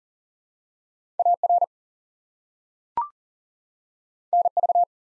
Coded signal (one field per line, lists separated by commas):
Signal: Morse code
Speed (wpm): 38 wpm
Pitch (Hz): 700 Hz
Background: none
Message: AR NV